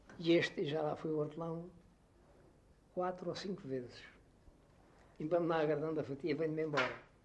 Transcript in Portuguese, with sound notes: E este, já lá foi o hortelão [pausa] quatro ou cinco vezes. Em bem me não agradando a fatia, venho-me embora.